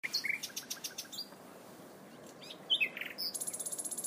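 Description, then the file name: Common nightingale song with quick repeated notes, then a fast rattling trill at the end, over faint hiss. "nachtegaal"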